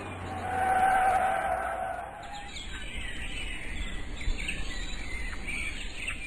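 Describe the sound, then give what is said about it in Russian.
A father brakes his car to a stop with a steady, high-pitched squeal lasting about two seconds, then it settles into a low rumble with faint hiss and scattered chirps. “и отцу пришлось остановить машину, чтобы мальчики смогли как следует рассмотреть зверька.”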